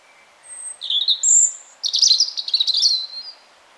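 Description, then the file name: European robin singing a faint high note, a warbled phrase and a piercing thin whistle, then a quick jumbled twittering run that fades out. "Erithacus rubecula"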